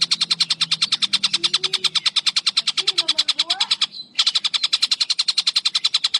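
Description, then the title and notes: Spiderhunter song: a fast, steady train of many sharp, high chipping notes, with a brief pause and soft low whistles beneath. Long, clear, vigorous (gacor) singing, used as a bird-tutoring (masteran) recording. "Pijantung Gunung Gacor Jernih Panjang. Masteran burung"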